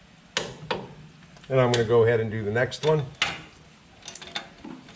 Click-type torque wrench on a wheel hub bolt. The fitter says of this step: to prevent you getting a false reading and you'll hear it click